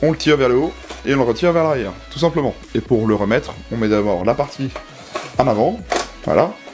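Someone talks while handling the plastic P90-style top-mounted magazine of a Tokyo Marui P90 Plus airsoft replica, pulling it up and back off the receiver, then setting its front end on top of the receiver to refit it. The rear has not yet been pressed down, so the magazine has not seated or locked yet.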